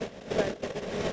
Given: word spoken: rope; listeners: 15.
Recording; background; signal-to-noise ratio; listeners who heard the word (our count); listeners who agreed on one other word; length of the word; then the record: one English word in noise, from a listening test; noise modulated by three-talker babble; -6.4 dB; 2 of 15; 6 of 15; 0.73 s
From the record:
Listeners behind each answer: 6, 2, 1, 1, 1, 1, 1, 1, 1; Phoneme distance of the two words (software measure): 17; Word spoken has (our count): 1 syllable, 3 phonemes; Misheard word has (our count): 1 syllable, 4 phonemes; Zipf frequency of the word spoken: 4.30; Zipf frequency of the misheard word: 4.64